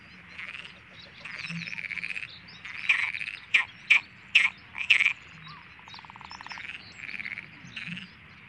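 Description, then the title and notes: Perez's frog croaking, a steady rattling chorus with several loud, harsh, pulsed croaks bursting out in quick succession midway, then fading back into the background chorus. Background chorus in the Liguaneau marsh, Camargue, at a calm dawn on 1 May 1995. "Marais du Liguaneau en Camargue. 01 mai 1995, lever du jour tranquille dans le marais du Liguaneau. avec en toile de fond des Grenouilles de Perez (Pelophylax perezi)"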